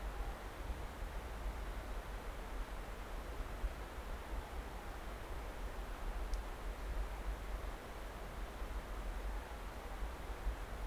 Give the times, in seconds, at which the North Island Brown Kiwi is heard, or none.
none